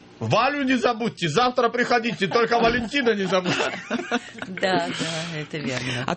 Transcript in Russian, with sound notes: «Валю не забудьте, завтра приходите – только Валентина не забудьте». (все смеются)
Да-да, это верно.